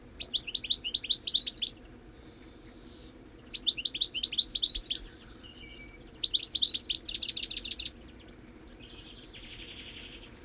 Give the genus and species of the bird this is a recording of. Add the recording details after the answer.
Carduelis carduelis. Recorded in the wild. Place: Melnik, Blagoewgrad, BG. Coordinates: 41.525, 23.392. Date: 1974-05-24. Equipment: Nagra III BH, Sennheiser MD 21, parabola. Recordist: Schubert, Michael. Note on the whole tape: Stieglitz allein